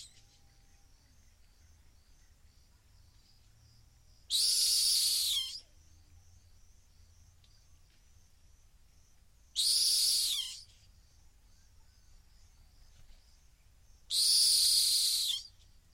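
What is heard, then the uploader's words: A rock hyrax gives three loud, shrill, bright calls about five seconds apart, over quiet low rumble and faint insect-like ticking. A rock hyrax calling from the edge of a gorge in the Masai Mara.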